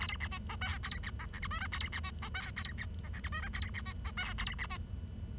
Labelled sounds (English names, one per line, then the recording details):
Bengalese Finch song
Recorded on 23 June 2012 at 09:28
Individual gr41rd51